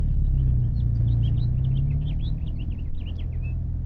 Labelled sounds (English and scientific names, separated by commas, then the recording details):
House Finch (Haemorhous mexicanus) song
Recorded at Lawrence on Long Island, New York, on 4 June 1975
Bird D